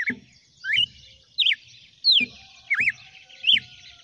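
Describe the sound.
Red-cowled cardinal giving short swooping whistles, most paired with a dull low thump, about six notes in four seconds.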